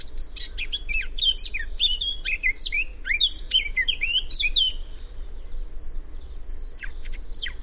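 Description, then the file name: Eurasian blackcap song, a loud quick warble of varied whistled and scratchy notes for about five seconds, then fainter sharp chirps over low background hum. "Sylvia atricapilla"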